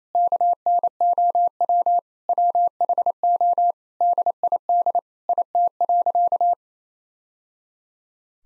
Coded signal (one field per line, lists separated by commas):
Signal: Morse code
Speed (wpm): 28 wpm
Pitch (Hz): 700 Hz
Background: none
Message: KNOW WHO DID IT.